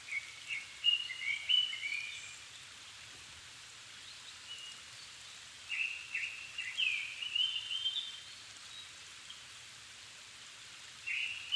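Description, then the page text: Japanese thrush song in repeated bursts of lively, fluty whistles that jump up and down, with quiet gaps of a few seconds and steady hiss underneath. Recorded 7 May 2011 at 17:59, altitude 270 m, with a Sony PCM-D50 and Panasonic WM-61A microphone. "kurotugumi 20110507-1759. Turdus cardis [Sounds -Nikko Today-]"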